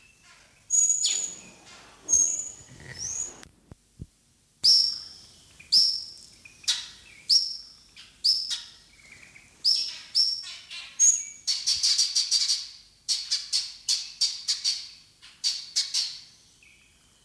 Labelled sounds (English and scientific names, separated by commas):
Taveta Weaver (Ploceus castaneiceps) call